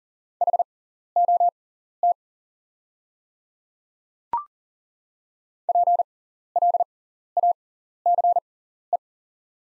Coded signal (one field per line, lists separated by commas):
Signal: Morse code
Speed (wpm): 40 wpm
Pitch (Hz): 700 Hz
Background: none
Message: HOT PLACE